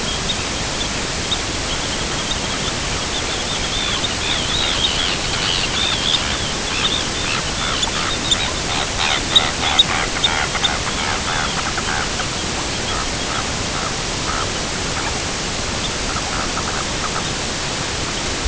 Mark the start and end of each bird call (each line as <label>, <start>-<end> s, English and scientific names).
Arctic Tern (Sterna paradisaea), 0.01-0.41 s
Arctic Tern (Sterna paradisaea), 0.71-0.97 s
Arctic Tern (Sterna paradisaea), 1.25-13.91 s
Arctic Tern (Sterna paradisaea), 14.19-14.64 s
Arctic Tern (Sterna paradisaea), 15.72-17.29 s